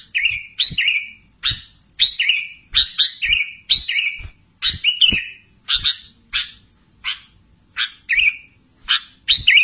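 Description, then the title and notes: Sooty-headed bulbul giving many short bright chirps, some with a brief slurred tail, over a faint constant high hum. "Kicau Burung Kutilang"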